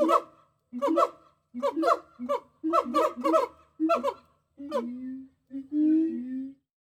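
Gibbon hooting: repeated short stacked notes in a series, ending with two longer, smoother, lower tones.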